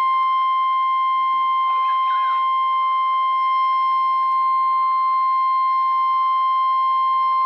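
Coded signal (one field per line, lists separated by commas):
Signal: Emergency Alert System (SAME) tones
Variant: 1050 Hz attention tone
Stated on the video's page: Real EAS tones for a tornado warning.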